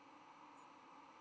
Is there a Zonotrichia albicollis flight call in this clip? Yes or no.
no